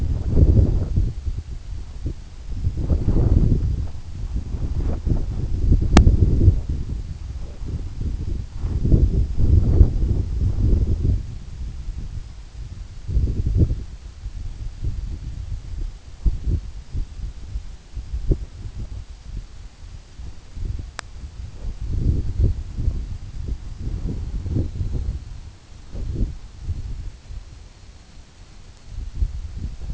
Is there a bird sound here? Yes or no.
no